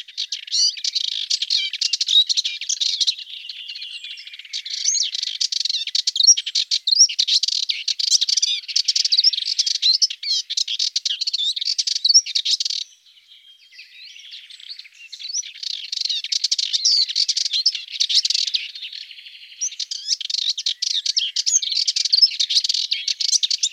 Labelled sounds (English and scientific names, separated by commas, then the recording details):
Subalpine Warbler (Sylvia cantillans) song
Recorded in the wild
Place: St. Laurent des Arbres und Umgebung, FR
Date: 1997-04-26
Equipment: Dat-Recorder Casio DA 7, Telinga DAT, Telinga-Parabolspiegel
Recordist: Schwarz, Dieter